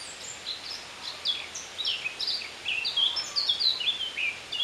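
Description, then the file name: Eurasian blackcap song, a rapid run of scratchy and whistled notes, growing louder and clearer toward the end with fluty, sliding phrases. "Sylvia atricapilla"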